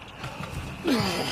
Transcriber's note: grunts